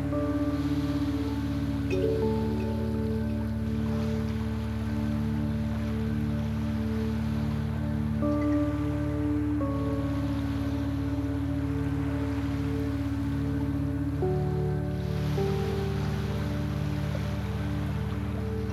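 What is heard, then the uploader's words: Soft, sustained chime tones hold and shift every few seconds, most clearly near 2, 8 and 14 seconds, over a steady, hissing wash of waves. Soft Chimes and Waves.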